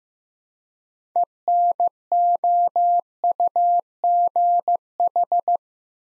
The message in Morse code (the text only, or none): ENOUGH